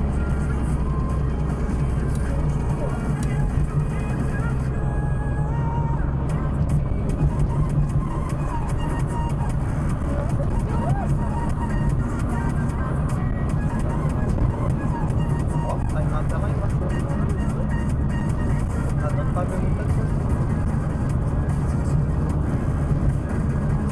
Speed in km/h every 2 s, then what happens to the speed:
68, 66, 68, 73, 78, 81, 82, 82, 82, 81, 83, 85.
3-11 speeds up to 82. 11-24 steady at about 82.